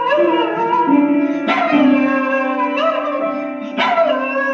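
Dog howling in repeated sliding phrases that restart several times.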